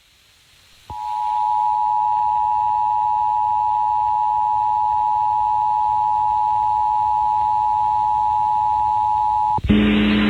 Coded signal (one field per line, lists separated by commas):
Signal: Emergency Alert System (SAME) tones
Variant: 853 and 960 Hz attention tone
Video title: SPRINGTIME TESTING... EAS Tests from 3/5/24 - 3/17/23 (EAS #3,757 - 3,790)